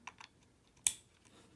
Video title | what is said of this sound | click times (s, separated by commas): Dual Network Card with power adaptor installation | click right in there so now this cable will now power the camera and also provide the video feed | 0.9 s